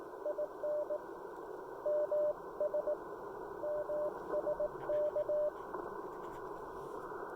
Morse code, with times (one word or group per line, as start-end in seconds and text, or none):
0.3-1.0 IN
1.9-2.9 MS
3.6-5.5 MSK